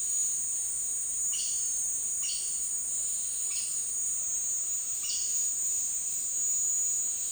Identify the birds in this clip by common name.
Chestnut-eared Aracari